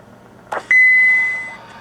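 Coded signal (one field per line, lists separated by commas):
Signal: roger beep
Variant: Browning ping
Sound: a short static burst, then a ringing 2 kHz ping slowly decaying, about one second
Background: radio static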